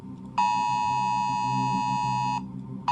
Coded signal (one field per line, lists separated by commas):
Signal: Emergency Alert System (SAME) tones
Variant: 853 and 960 Hz attention tone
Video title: 4 Scariest Emergency Alerts & EAS Alarms (Vol. 5)